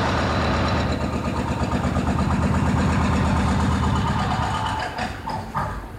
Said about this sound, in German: Ja, ganz neu, das große Postgebäude wird umgestaltet, ne? Wie man jetzt hören kann, Moment.